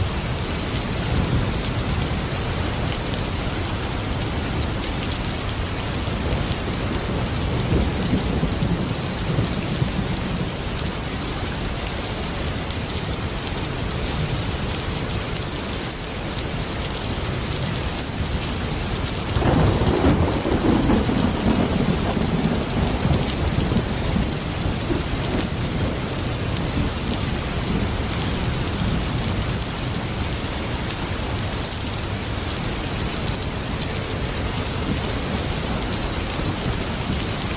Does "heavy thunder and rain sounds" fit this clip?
yes